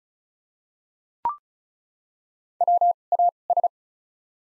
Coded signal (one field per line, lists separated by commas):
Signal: Morse code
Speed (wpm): 36 wpm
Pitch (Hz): 700 Hz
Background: none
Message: WAS